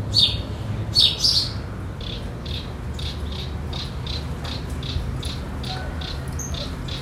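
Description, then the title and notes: Birds chirping: a few loud, sharp high chirps at the start, then a steady series of softer repeated chirps over a low constant hum. Birds in a field among araucaria trees, the region's typical vegetation, in an area away from the city, R. Antonio José Pilatti, Bairro Vederti, Chapecó, Santa Catarina, Brazil. "R. Antonio José Pilatti, 53-Bairro Vederti, Chapecó - SC, 89808-758, Brasil - Pássaros no campo. pássaros em uma área afastada da cidade entre araucárias, que representam a vegetação da região"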